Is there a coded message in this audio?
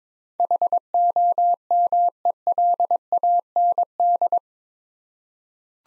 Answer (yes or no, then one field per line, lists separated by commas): yes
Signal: Morse code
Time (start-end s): 0.4-4.4 s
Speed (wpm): 22 wpm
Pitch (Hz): 700 Hz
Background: none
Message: HOMELAND